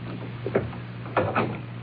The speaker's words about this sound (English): Close the door.